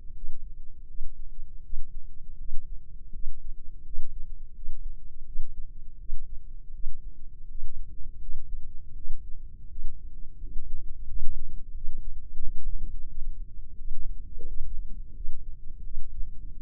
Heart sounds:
heart sounds by microphone in the left ear; 84 bpm
0.13 s: heartbeat
0.86 s: heartbeat
1.61 s: heartbeat
2.37 s: heartbeat
3.11 s: heartbeat
3.83 s: heartbeat
4.52 s: heartbeat
5.24 s: heartbeat
5.97 s: heartbeat
6.71 s: heartbeat
7.46 s: heartbeat
8.19 s: heartbeat
8.93 s: heartbeat
9.67 s: heartbeat
10.38 s: heartbeat
11.06 s: heartbeat
11.72 s: heartbeat
12.38 s: heartbeat
13.06 s: heartbeat
13.76 s: heartbeat
14.45 s: heartbeat
15.13 s: heartbeat
15.82 s: heartbeat
16.53 s: heartbeat
From the record:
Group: healthy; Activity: rest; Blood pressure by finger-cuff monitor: 99/58 mmHg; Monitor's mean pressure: 74 mmHg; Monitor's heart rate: 83 bpm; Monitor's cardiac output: 7.9 L/min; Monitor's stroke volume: 92 mL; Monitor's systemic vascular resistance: 660 dyn s/cm5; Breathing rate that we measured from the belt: 17 breaths a minute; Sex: female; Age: 24 years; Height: 163 cm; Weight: 55.7 kg

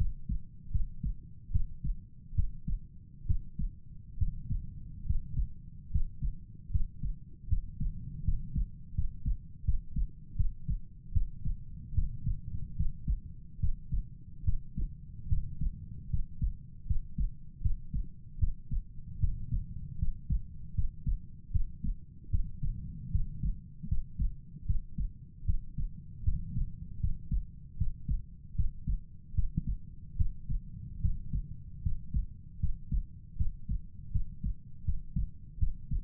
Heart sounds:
heart sounds by stethoscope; 76 bpm
0.71 s: heartbeat
1.51 s: heartbeat
2.35 s: heartbeat
3.26 s: heartbeat
4.18 s: heartbeat
5.06 s: heartbeat
5.91 s: heartbeat
6.70 s: heartbeat
7.48 s: heartbeat
8.24 s: heartbeat
8.94 s: heartbeat
9.64 s: heartbeat
10.36 s: heartbeat
11.12 s: heartbeat
11.94 s: heartbeat
12.76 s: heartbeat
13.59 s: heartbeat
14.44 s: heartbeat
15.28 s: heartbeat
16.10 s: heartbeat
16.86 s: heartbeat
17.61 s: heartbeat
18.39 s: heartbeat
19.19 s: heartbeat
19.98 s: heartbeat
20.74 s: heartbeat
21.51 s: heartbeat
22.30 s: heartbeat
23.11 s: heartbeat
23.88 s: heartbeat
24.66 s: heartbeat
25.45 s: heartbeat
26.24 s: heartbeat
27.00 s: heartbeat
27.77 s: heartbeat
28.55 s: heartbeat
29.34 s: heartbeat
30.16 s: heartbeat
31.01 s: heartbeat
31.82 s: heartbeat
32.59 s: heartbeat
33.36 s: heartbeat
34.11 s: heartbeat
34.84 s: heartbeat
35.58 s: heartbeat
From the record:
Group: healthy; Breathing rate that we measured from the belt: 16 breaths a minute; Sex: male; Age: 35 years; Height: 178 cm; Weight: 64 kg

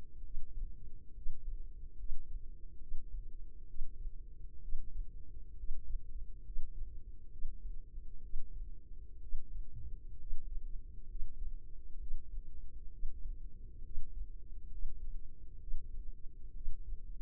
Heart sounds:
heart sounds by microphone in the left ear; 66 bpm
0.19 s: heartbeat
1.11 s: heartbeat
1.94 s: heartbeat
2.77 s: heartbeat
3.64 s: heartbeat
4.58 s: heartbeat
5.53 s: heartbeat
6.41 s: heartbeat
7.27 s: heartbeat
8.19 s: heartbeat
9.18 s: heartbeat
10.15 s: heartbeat
11.05 s: heartbeat
11.96 s: heartbeat
12.88 s: heartbeat
13.80 s: heartbeat
14.67 s: heartbeat
15.56 s: heartbeat
16.51 s: heartbeat
From the record:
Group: healthy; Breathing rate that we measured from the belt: 14 breaths a minute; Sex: female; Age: 23 years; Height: 160 cm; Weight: 50.4 kg

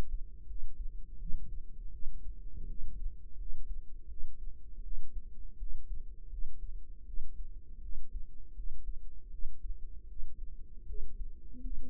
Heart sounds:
heart sounds by microphone in the right ear; 81 bpm
0.45 s: heartbeat
1.16 s: heartbeat
1.89 s: heartbeat
2.65 s: heartbeat
3.35 s: heartbeat
4.06 s: heartbeat
4.81 s: heartbeat
5.56 s: heartbeat
6.28 s: heartbeat
7.04 s: heartbeat
7.79 s: heartbeat
8.53 s: heartbeat
9.29 s: heartbeat
10.06 s: heartbeat
10.84 s: heartbeat
11.59 s: heartbeat
From the record:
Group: healthy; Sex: female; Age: 19 years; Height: 163 cm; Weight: 48.9 kg

